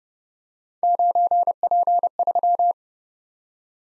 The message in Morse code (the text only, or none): 9P3